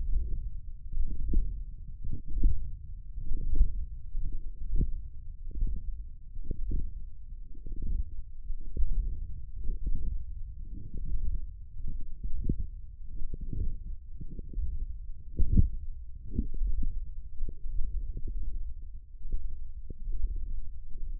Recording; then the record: forearm muscle sounds (acoustic myography)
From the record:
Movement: ulnar deviation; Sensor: system 1, eight BSWA MPA416 microphones around the upper forearm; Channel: 5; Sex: female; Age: 20 years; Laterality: right